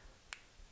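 A small pin connector is pushed down from the top side into the headlight relay wiring harness housing of an 1987 Oldsmobile 442. A single sharp, bright click sounds at 0.3 s against a quiet background, and the connector is seated.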